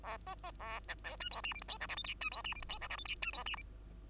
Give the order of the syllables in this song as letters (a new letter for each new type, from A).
A B B A C D E F G H I J K L M N E F G H I J K L M N E F G H